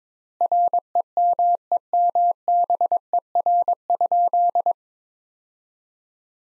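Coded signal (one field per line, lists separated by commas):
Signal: Morse code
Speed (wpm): 22 wpm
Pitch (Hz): 700 Hz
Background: none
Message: REMEMBER?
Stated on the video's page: Morse sentences from top 400 words at 22 wpm with 4x standard word spacing, a Farnsworth-like practice drill for head-copy.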